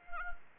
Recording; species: mosquito wingbeat signal from an infrared sensor; Anopheles arabiensis